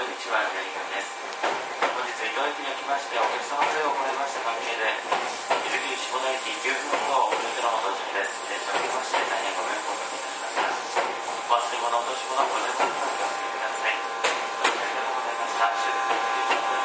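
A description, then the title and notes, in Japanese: Aboard an Izukyu 8000 series train, continuous voices chatter over a steady rolling hiss, with frequent brief clicks and a faint tonal hum. 伊豆急8000系 伊豆高原〜伊豆急下田。全編成が３両編成でJR伊東線の熱海〜伊豆急の伊豆高原は3＋3の6両編成で運転。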